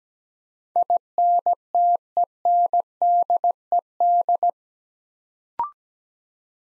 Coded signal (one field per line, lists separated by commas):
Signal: Morse code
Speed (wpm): 17 wpm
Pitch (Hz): 700 Hz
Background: none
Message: INTENDED